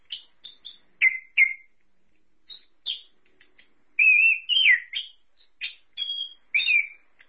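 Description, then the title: Thrush uttering scattered short notes and sweet slurred whistles, including a louder warbled phrase midway, with pauses between bursts. "burung anis x"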